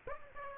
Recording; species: mosquito wingbeat signal from an infrared sensor; Aedes aegypti